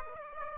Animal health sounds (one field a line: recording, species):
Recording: mosquito wingbeat signal from an infrared sensor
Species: Aedes aegypti